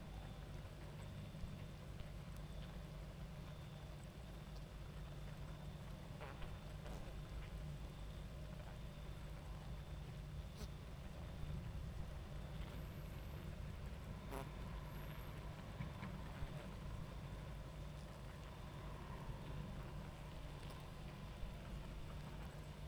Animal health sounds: honeybee colony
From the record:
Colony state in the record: active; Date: 28 July 2017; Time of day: 22:29

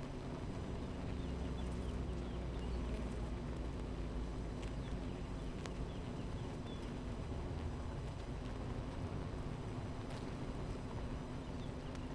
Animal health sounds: honeybee colony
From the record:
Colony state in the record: missing queen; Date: 14 July 2017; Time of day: 11:09

